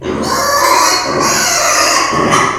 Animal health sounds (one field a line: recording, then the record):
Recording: squeal of a Yucatan mini pig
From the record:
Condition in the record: before surgery on the right vocal fold (resection and tissue-engineered implant)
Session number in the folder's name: 2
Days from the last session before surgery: 0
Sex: male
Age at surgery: 12 weeks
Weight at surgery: 13 kg